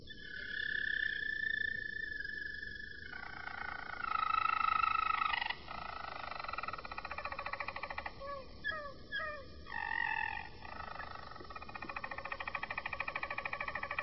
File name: kenari-roller -omkicau